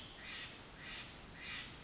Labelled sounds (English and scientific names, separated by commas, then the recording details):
Pacific Wren (Troglodytes pacificus)
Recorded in Sonoma County, California